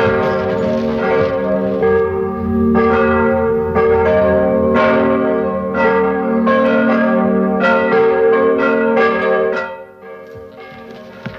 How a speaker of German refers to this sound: Was ist denn das für ein Geläut mitten in der Woche?